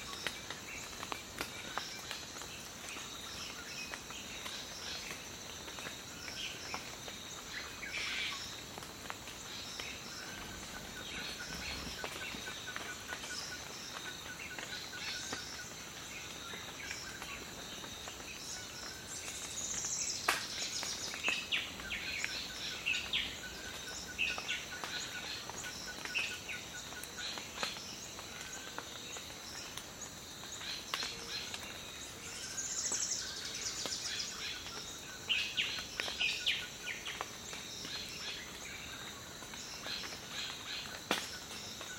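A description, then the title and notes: A savanna morning in Gabon: a steady, high insect drone runs throughout, with crickets trilling underneath. Scattered bird calls come through, including a bright burst near twenty seconds and another around thirty-three seconds, over a faint, even background hiss. Gabon Savanna Morning. On the border between Gabon and R Congo, the thick jungle gives way to sparser savanna dotted with pockets of forest. The sound of these habitats is more open and lush than what you would hear in primary or secondary rainforest.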